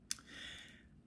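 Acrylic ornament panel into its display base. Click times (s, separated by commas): 0.1 s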